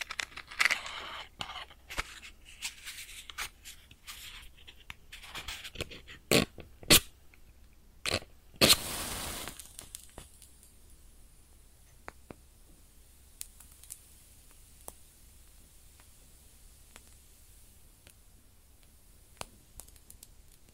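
A match is struck and flares with loud crackles near nine seconds, then fades to faint sizzling and sparse pops over a low hum.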